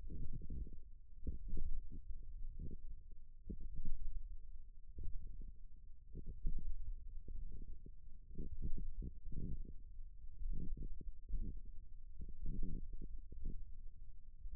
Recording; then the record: forearm muscle sounds (acoustic myography)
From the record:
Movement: wrist flexion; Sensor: system 1, eight BSWA MPA416 microphones around the upper forearm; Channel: 6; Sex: female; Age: 21 years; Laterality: right